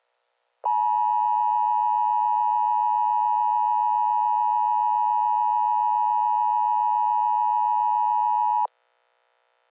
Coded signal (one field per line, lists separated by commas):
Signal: Emergency Alert System (SAME) tones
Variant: 853 and 960 Hz attention tone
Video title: EAS Scenario - Faces